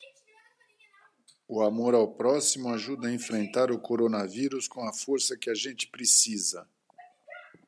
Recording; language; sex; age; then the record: spoken sentence; Brazilian Portuguese; male; 50 to 59 years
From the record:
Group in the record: control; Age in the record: 57 years